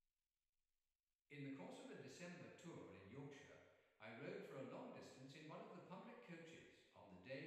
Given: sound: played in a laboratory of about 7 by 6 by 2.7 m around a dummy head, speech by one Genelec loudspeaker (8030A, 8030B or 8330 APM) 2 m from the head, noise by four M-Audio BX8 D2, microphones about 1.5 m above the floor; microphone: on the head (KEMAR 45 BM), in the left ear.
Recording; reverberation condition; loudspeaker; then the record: male speech in English; high; behind (180 degrees)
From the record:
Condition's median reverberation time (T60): about 1300 ms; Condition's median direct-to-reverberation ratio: about -4.0 dB